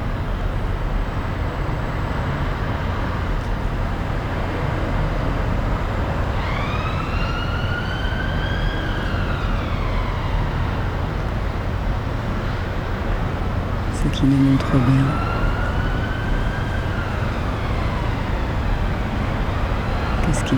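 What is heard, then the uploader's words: A rooftop in London, with a constant low rumble of city traffic throughout. A siren swells and falls from about six to ten seconds, then returns more faintly near fifteen seconds, when a short clatter also cuts through. Rooftop, London. Là, sous un ciel qui se gratte, dans un jardin suspendu, on passe à l'heure du thé. Between 12 towers, dizzying stopover in Shoreditch, London.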